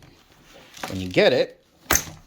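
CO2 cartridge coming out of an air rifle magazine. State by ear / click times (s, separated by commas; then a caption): released / 1.9 s. A CO2 cartridge is worked out of the housing of a Heckler & Koch HK416 BB rifle magazine, where it is a little harder to pop out. Someone talks, then at 1.9 s a sharp pop is heard as the cartridge comes free and releases.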